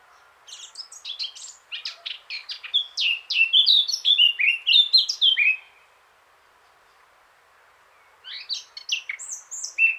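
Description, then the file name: Eurasian blackcap singing a scratchy, chattering warble that turns into loud, fluty descending whistles, then falls silent before a new phrase begins. "Sylvia atricapilla"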